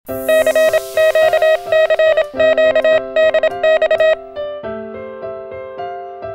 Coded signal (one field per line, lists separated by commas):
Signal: Morse code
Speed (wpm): 27 wpm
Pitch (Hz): 1900 Hz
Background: music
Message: CQ CQ DX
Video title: Ham Radio: My Radio Station License History & Renewal 2018-2021 /Another 3 Years of Fun in DXing